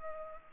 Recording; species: mosquito wingbeat signal from an infrared sensor; Culex pipiens